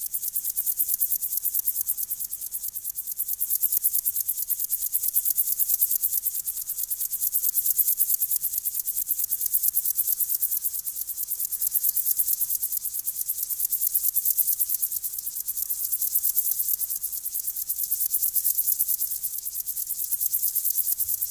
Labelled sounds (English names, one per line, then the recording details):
Upland Field Grasshopper stridulation
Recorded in the wild
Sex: male
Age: imago
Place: Berlin, OT Blankenfelde, Berlin, DE
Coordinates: 52.625, 13.3917
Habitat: field path
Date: 1983-08-27 11:24
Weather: sunny, 20°C
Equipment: Nagra SN (Automatic), Sennheiser MKH 416 T, Kopie Uher 4000 Report Monitor
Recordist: Tembrock, Günter